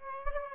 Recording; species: mosquito wingbeat signal from an infrared sensor; Aedes aegypti